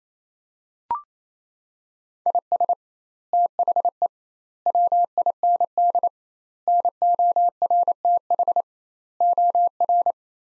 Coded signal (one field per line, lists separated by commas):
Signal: Morse code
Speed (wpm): 27 wpm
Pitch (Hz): 700 Hz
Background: none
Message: IS THE WIND NORTH OR